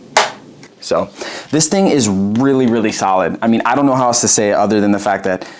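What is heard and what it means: A lid on an Anker 3-in-1 Cube with MagSafe, a plastic and metal charging cube, is snapped shut onto the cube body, giving a sharp shutting click at 0.2 seconds. A fainter tap follows at 0.6 seconds. Someone then talks for the rest of the clip, and the lid is shut and seated.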